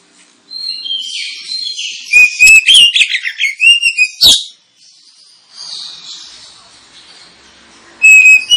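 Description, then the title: Oriental magpie-robin pouring out a loud string of whistled, warbled phrases and snapping notes, then a softer chattering pause and a fresh whistle at the end. Kacer lure recording intended to provoke kacer birds into fighting song; singing described as ngotot, full tembakan, ngeplong and gacor. "Kacer Langsung Tarung Konslet KACER NGOTOT FULL TEMBAKAN. Kacer dimana SAJA Bakalan NGEPLONG GACOR dengan Pancingan Kacer ini"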